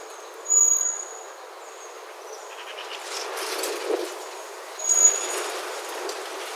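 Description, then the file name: Common blackbird giving two thin, very high whistled calls several seconds apart, with a broad rushing noise swelling between them. "Turdus merula"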